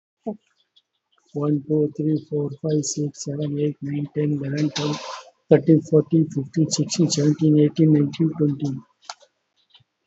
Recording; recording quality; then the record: counting at a fast pace; excellent, no background noise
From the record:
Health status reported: COVID-19 positive, moderate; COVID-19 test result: positive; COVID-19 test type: RT-PCR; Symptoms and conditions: diabetes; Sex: male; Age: 48 years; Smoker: yes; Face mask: not worn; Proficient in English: yes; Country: India